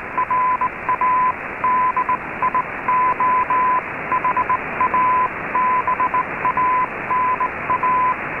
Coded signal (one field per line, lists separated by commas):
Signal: Morse code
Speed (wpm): 18 wpm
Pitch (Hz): 1010 Hz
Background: radio noise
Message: RADIOHABANA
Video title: Radio Havana Cuba DXers Unlimited Oct 22 2019 on 15140Khz Shortwave Radio R8600